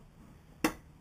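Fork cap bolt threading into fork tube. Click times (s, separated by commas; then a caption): 0.6 s. A fork cap bolt on the fork tube of a 1984 Honda 200X ATC is turned backwards to find the thread start so it can be tightened without cross-threading. A single sharp click at 0.7 s stands out against a quiet background as the cap's thread start drops over the tube's thread. The cap is seated and ready to thread in.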